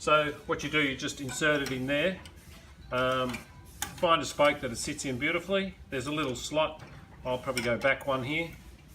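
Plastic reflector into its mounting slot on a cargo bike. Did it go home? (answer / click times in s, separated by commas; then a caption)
no / none. A small plastic reflector unit is being fitted into its mounting slot on a cargo bike, where it is meant to twist and lock into place. Someone talks throughout, with faint handling sounds underneath. Nothing has seated or clicked yet.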